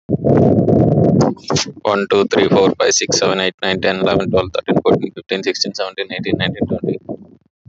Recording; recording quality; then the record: counting at a normal pace; moderate, slight background noise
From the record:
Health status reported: healthy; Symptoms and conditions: fever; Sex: male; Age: 27 years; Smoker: not ticked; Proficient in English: yes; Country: India